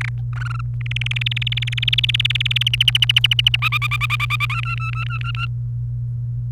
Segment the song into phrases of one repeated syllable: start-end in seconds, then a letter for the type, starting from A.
0.01-0.09 A, 0.33-0.61 B, 0.81-2.63 C, 2.66-3.56 D, 3.62-4.60 E, 4.63-5.46 F